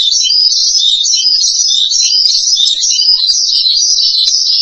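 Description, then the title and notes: Starling song, a continuous high, twittering chatter with a slightly wavering pitch. "suara burung jalak"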